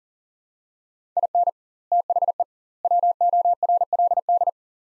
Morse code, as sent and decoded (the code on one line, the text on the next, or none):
.. -. / - .... . / .-- --- .-. .-.. -..
IN THE WORLD